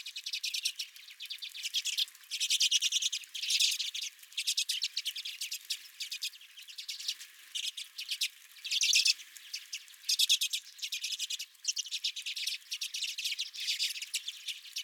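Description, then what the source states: Redpolls trilling and twittering in repeated buzzy bursts a second or two long, several birds chattering together throughout. Several redpolls at the recordist's own bird feeder.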